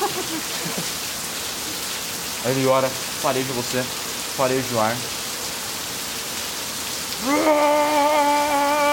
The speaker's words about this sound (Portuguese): Tá chovendo aí? É isso, tá. Parece que a gente escolheu um péssimo lugar, né? Vou ficar em pé, então. A gente não contava com a chuva. É, a gente não contava.